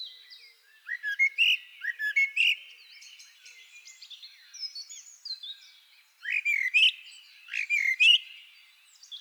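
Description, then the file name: Common blackbird song: mellow fluted notes mixed with thin high twittering, delivered in two separated bursts with quieter chatter between. "Turdus merula"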